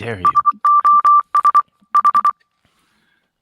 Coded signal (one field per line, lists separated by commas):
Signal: Morse code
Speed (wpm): 24 wpm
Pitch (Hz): 1180 Hz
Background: speech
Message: SOS H